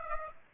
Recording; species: mosquito wingbeat signal from an infrared sensor; Aedes aegypti